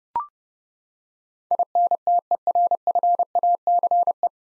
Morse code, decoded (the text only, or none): INTERFACE